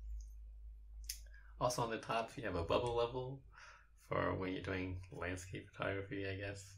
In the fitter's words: and you sort of have to wiggle it around until it locks into place.